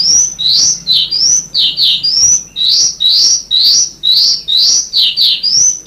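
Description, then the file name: Sanma bird song: high sweeping notes in pairs, each rising slide followed by a falling one, repeated roughly once per second in a steady rhythm. "suara burung sanma"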